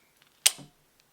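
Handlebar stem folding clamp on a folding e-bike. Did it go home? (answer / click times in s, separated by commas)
yes / 0.5 s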